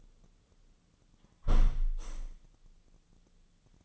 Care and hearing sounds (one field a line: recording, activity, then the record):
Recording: daily activity, microphone in the room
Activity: close window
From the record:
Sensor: 4